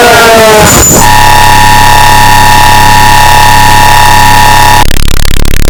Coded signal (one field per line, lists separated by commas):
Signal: Emergency Alert System (SAME) tones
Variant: 853 and 960 Hz attention tone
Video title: None Islands EAS Alarm 1918